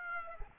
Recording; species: mosquito wingbeat signal from an infrared sensor; Aedes aegypti